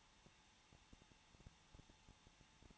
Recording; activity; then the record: daily activity, microphone in the room; no activity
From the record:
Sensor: 1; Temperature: 20.1 degrees Celsius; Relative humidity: 39.4%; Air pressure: 1006.4 hPa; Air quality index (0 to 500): 219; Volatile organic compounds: 81 ppm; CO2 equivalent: 3618 ppm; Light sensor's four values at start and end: 1/2/1/1 and 1/2/1/1